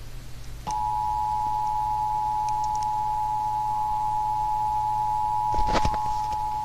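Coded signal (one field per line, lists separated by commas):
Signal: Emergency Alert System (SAME) tones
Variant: 853 and 960 Hz attention tone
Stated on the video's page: Required monthly test on a TV station.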